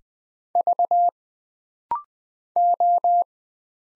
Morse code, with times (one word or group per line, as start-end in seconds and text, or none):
0.6-1.1 V
2.6-3.2 O